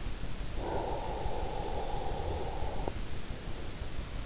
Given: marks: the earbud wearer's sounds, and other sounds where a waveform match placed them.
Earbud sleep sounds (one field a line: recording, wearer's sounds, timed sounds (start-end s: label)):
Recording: sounds in sleep by an in-ear microphone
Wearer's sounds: breath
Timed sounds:
0.50-3.50 s: breath